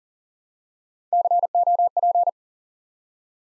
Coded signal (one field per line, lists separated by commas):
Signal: Morse code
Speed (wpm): 42 wpm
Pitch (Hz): 700 Hz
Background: none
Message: COP